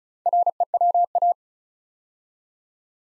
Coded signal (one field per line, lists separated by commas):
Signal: Morse code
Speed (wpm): 36 wpm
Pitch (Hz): 700 Hz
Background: none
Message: REWA